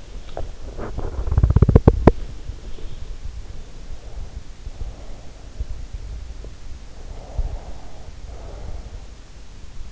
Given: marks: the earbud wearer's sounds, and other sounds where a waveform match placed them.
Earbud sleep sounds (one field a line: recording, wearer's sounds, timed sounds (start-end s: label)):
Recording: sounds in sleep by an in-ear microphone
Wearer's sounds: teeth grinding, breath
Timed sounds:
0.00-2.39 s: teeth grinding
2.69-4.25 s: breath
4.49-6.20 s: breath
7.01-9.13 s: breath